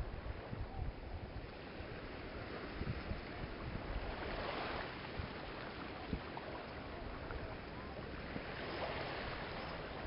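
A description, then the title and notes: Slowly rolling surf washes in with a steady, dense hiss, swelling gently around the middle and again near the end as waves break and spread. Low rumbles and soft thumps run underneath, with a faint wind-like rush throughout and no distinct sounds. Indonesia - surf and distant sounds. The sounds of the slowly rolling surf on the north side of the island of Nusa Penida, just southeast of the island of Bali, Indonesia.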